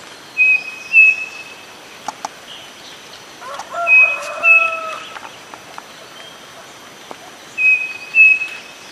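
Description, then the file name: Bird whistles in level, pure-toned note pairs, the second slightly higher, repeated three times; lower warbling notes from another bird and a couple of sharp clicks in between. "SABIOD 50 bird 2015"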